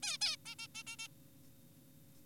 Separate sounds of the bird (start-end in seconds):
0.03-0.17, 0.21-0.36, 0.46-0.55, 0.59-0.68, 0.75-0.83, 0.87-0.96, 0.99-1.08